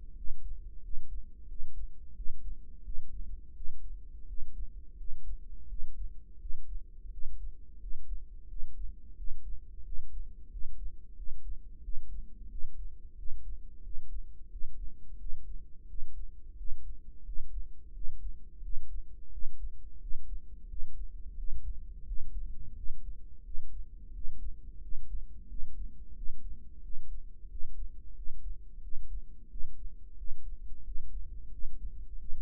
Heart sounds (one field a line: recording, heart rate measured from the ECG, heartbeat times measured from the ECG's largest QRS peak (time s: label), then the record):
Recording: heart sounds by microphone in the right ear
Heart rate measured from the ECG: 88 bpm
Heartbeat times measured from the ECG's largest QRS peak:
0.17 s: heartbeat
0.83 s: heartbeat
1.49 s: heartbeat
2.16 s: heartbeat
2.85 s: heartbeat
3.55 s: heartbeat
4.28 s: heartbeat
4.98 s: heartbeat
5.69 s: heartbeat
6.41 s: heartbeat
7.12 s: heartbeat
7.81 s: heartbeat
8.49 s: heartbeat
9.18 s: heartbeat
9.85 s: heartbeat
10.52 s: heartbeat
11.17 s: heartbeat
11.84 s: heartbeat
12.51 s: heartbeat
13.18 s: heartbeat
13.84 s: heartbeat
14.51 s: heartbeat
15.19 s: heartbeat
15.89 s: heartbeat
16.58 s: heartbeat
17.26 s: heartbeat
17.95 s: heartbeat
18.63 s: heartbeat
19.32 s: heartbeat
20.01 s: heartbeat
20.69 s: heartbeat
21.38 s: heartbeat
22.07 s: heartbeat
22.76 s: heartbeat
23.45 s: heartbeat
24.14 s: heartbeat
24.82 s: heartbeat
25.49 s: heartbeat
26.16 s: heartbeat
26.83 s: heartbeat
27.50 s: heartbeat
28.16 s: heartbeat
28.83 s: heartbeat
29.50 s: heartbeat
30.18 s: heartbeat
30.85 s: heartbeat
31.52 s: heartbeat
32.20 s: heartbeat
From the record:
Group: healthy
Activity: rest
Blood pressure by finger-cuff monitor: 153/97 mmHg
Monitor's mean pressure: 113 mmHg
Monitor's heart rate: 88 bpm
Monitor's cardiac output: 6.8 L/min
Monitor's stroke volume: 77 mL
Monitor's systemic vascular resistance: 1240 dyn s/cm5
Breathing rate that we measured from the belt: 18 breaths a minute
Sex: male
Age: 21 years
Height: 175 cm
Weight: 72.6 kg